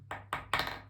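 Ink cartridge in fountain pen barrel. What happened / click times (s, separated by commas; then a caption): Small cartridge knocked loose and dropped out of the barrel / 0.1 s, 0.3 s, 0.5 s. The barrel of a Kaweco Collection Cyan fountain pen, split in two, is shaken and tapped to free an ink cartridge that has stuck inside. Three sharp, bright ticks sound at 0.1, 0.3 and 0.5 seconds, each louder than the last. The stuck cartridge comes loose and drops out of the barrel.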